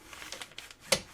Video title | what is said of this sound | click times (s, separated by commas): 1/4 3/8 1/2-inch Drive Click Torque Wrench, 8Pcs Torque Wrench Set 10-220in.lb, 10-45ft.lb, 10-160 | yep feel a nice positive click | 0.9 s